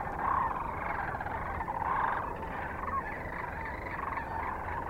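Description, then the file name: Sandhill cranes calling together, continuous rolling rattles layered over each other, with a few louder bursts standing out near the start and middle. Kearney, Nebraska, 9 March 2004; recorded with other species also present. "2004-03-09 SACRandmore C Kearney NE"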